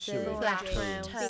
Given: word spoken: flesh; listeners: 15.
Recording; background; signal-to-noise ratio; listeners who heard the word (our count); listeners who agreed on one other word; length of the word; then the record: one English word in noise, from a listening test; four-talker babble; -1.6 dB; 1 of 15; 8 of 15; 0.89 s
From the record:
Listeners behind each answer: 8, 1, 1, 1, 1, 1, 1, 1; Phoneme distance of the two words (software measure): 10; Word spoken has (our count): 1 syllable, 4 phonemes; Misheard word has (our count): 1 syllable, 4 phonemes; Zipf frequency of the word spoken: 4.15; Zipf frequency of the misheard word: 4.20